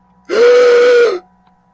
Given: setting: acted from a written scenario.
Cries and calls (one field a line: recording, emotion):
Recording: vocal sound without words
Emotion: fear